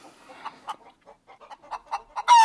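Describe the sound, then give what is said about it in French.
Hens kept shut in cages cluck in a quick series of short, throaty notes, one after another, ending in a louder, drawn-out squawk with no talking over them. “J'ai un peu de peine pour ces poules. Pourquoi? Mais elles sont enfermées dans leur cage toute la journée.”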